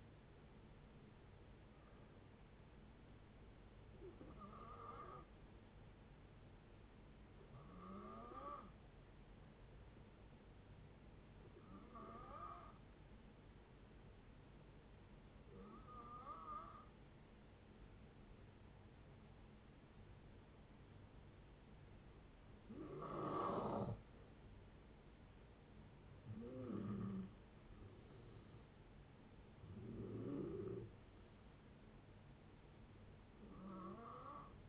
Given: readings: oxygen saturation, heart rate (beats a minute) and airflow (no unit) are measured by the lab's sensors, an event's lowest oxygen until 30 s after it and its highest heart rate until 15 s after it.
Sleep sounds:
breathing in sleep by a voice recorder at the bedside; 1
3.00-23.30 s: hypopnea (N1, oxygen 95% highest, then 89% lowest, heart rate 68 at the start, 73 highest)
19.00-34.69 s: new sleep stage, N2 (light sleep)
From the record:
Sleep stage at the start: N1 (lightest sleep); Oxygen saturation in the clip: 87 to 95%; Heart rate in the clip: 57 to 73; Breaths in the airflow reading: 10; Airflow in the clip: -8.2 to 9.9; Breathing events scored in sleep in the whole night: 496 in 5.4 hours asleep

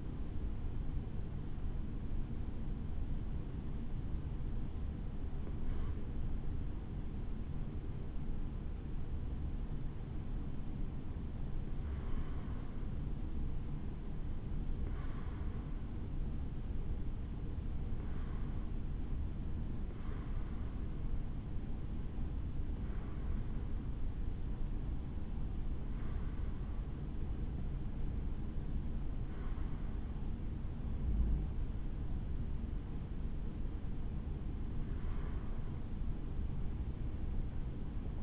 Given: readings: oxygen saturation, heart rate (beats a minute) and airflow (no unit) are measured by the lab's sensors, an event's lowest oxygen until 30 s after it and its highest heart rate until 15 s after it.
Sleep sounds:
breathing in sleep by a smartphone at the bedside; none
none scored
From the record:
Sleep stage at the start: N1 (lightest sleep); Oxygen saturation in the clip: 91 to 95%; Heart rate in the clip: 64 to 71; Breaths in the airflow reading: 13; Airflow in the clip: -4.4 to 7.3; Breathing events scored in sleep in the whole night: 216 in 7.0 hours asleep

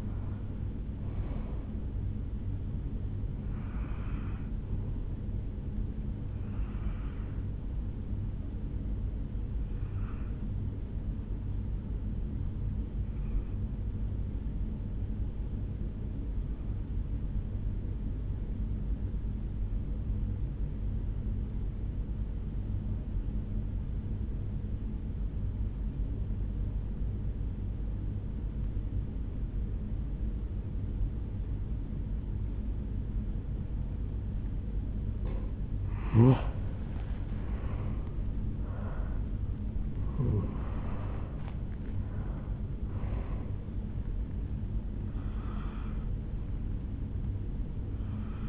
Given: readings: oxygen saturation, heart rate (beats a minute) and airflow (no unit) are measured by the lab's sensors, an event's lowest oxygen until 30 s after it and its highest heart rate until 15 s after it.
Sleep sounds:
breathing in sleep by a smartphone at the bedside; 1
21.00-36.40 s: obstructive apnea (N1, oxygen 97% highest, then 87% lowest, heart rate 64 at the start, 76 highest)
From the record:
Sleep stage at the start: N1 (lightest sleep); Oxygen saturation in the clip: 88 to 97%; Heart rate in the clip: 58 to 76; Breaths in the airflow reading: 4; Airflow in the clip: -10.1 to 9.0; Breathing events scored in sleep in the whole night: 449 in 7.0 hours asleep

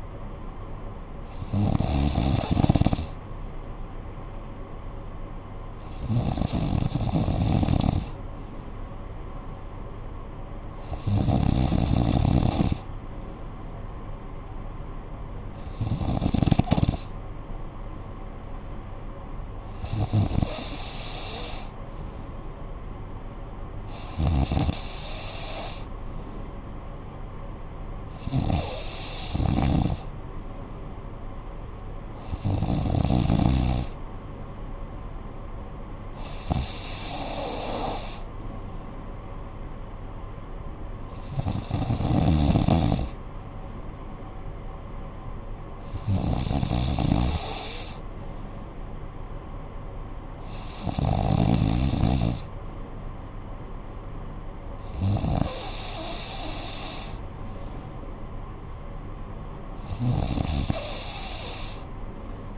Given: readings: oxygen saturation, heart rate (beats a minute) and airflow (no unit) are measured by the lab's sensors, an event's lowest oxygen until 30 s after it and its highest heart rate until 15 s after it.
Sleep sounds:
breathing in sleep by a smartphone at the bedside; none
none scored
From the record:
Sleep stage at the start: N3 (deep sleep); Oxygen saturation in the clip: 93 to 94%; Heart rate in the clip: 56 to 64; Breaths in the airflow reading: 14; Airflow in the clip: -9.8 to 5.7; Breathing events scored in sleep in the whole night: 445 in 7.6 hours asleep

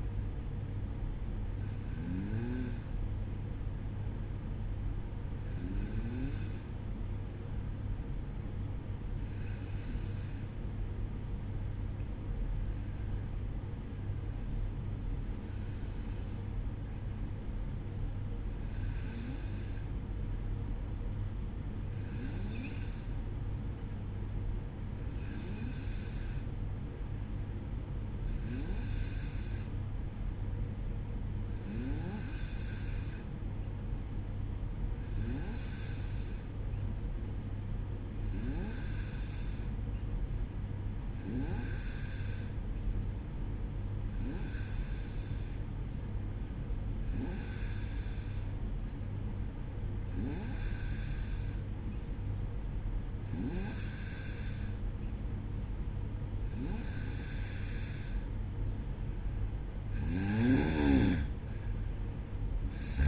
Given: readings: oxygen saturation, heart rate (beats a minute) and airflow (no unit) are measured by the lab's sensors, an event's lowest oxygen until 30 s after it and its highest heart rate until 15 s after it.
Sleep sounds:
breathing in sleep by a smartphone at the bedside; 1
9.00-58.20 s: hypopnea (N1, oxygen 95% highest, then 92% lowest, heart rate 57 at the start, 64 highest)
13.00-63.08 s: new sleep stage, N2 (light sleep)
From the record:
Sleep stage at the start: N1 (lightest sleep); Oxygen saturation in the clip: 92 to 95%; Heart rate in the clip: 57 to 63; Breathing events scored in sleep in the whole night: 305 in 9.6 hours asleep

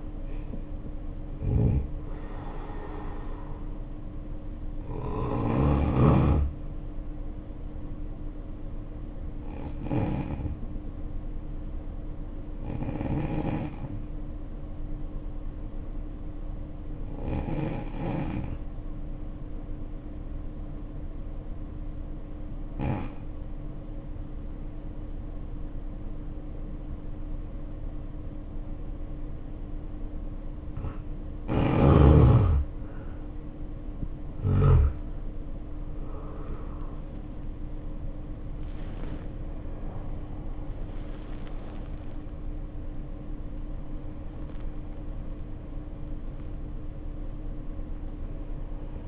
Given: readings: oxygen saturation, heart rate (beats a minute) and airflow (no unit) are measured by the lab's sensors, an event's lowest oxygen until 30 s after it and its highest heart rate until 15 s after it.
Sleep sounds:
breathing in sleep by a smartphone at the bedside; 1
1.00-49.08 s: new sleep stage, N1 (lightest sleep)
4.00-32.70 s: hypopnea (N1, oxygen 93% highest, then 78% lowest, heart rate 72 at the start, 77 highest)
From the record:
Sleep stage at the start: N2 (light sleep); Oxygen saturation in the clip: 76 to 93%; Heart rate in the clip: 53 to 77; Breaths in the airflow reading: 9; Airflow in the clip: -6.6 to 9.1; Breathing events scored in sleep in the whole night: 520 in 7.2 hours asleep

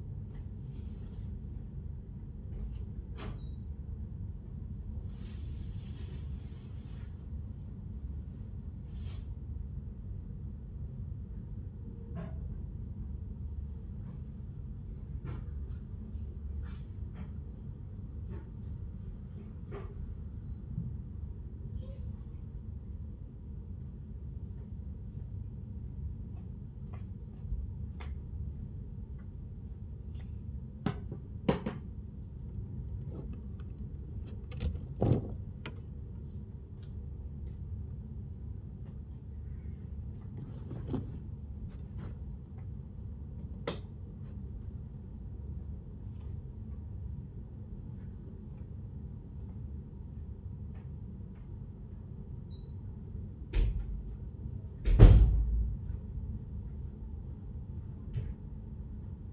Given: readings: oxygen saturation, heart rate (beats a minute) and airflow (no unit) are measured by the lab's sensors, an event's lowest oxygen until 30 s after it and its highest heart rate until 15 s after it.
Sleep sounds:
a person awake in a sleep study, by a smartphone at the bedside; none
0.00-59.33 s: awake
From the record:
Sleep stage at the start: awake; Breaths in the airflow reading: 21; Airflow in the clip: -0.7 to 0.7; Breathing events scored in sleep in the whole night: 131 in 7.2 hours asleep

